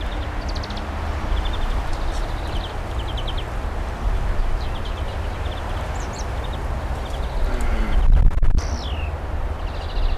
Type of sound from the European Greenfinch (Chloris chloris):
song